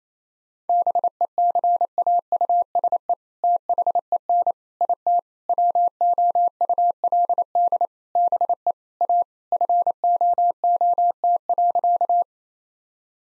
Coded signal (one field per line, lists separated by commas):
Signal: Morse code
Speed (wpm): 27 wpm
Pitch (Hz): 700 Hz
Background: none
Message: BECAUSE THEN IT WOULD BE A FOOT.